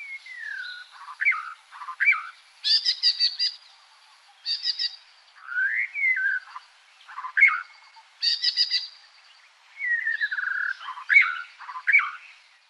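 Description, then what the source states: White-rumped shama singing varied phrases, slurred whistles, sharp high chips and descending warbles repeated every second or two with short gaps. Subspecies leggei, recorded in Sri Lanka.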